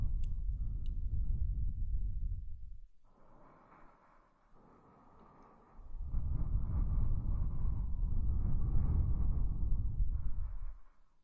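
Slow, soft breaths blow out in long airy gusts, one for the first three seconds and a stronger one from six to eleven seconds.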